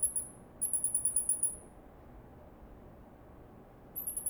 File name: Microcebus murinus vocalization